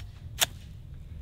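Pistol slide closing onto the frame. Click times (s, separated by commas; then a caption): 0.4 s. A pistol's slide, let go after a sand torture test, snaps forward onto the frame with a single sharp metallic click at 0.4 s over a low background rumble. The slide stops short of full battery, with the guide rod sticking out slightly, because of sand in the action.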